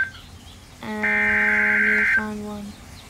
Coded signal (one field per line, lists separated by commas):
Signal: Emergency Alert System (SAME) tones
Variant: header bursts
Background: speech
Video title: Snow Squall Warning On Station WXL38 (Binghamton, NY) EAS #147